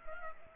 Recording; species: mosquito wingbeat signal from an infrared sensor; Culex pipiens